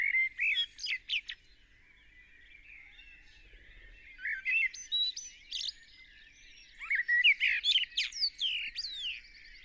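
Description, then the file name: Blackbird song with low fluted notes breaking into scratchy high twitters, three phrases spread over the recording with short silent gaps. "Turdus merula"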